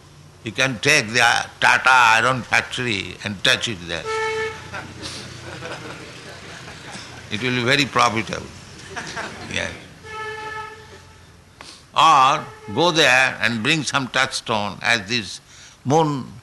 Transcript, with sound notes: You can take the Tata iron factory and touch it there. [laughter] It will be very profitable. [laughter] Yes. Or go there and bring some touchstone, as these moon